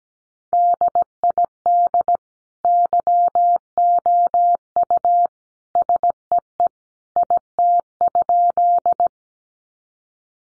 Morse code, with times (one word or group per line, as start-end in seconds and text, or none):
0.5-2.2 DID
2.6-5.3 YOU
5.8-6.7 SEE
7.2-9.1 IT?